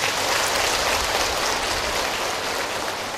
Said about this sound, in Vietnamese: Và một lần nữa xin quý vị hãy cho một tràng pháo tay thật lớn.